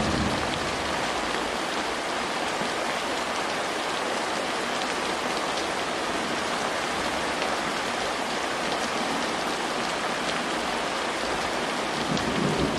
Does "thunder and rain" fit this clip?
yes